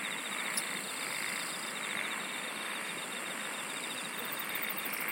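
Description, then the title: Insect trills pulse rapidly through most, a very high pulsed series starts near the end, and a constant hiss fills the background. "SINGING OF INSECTS"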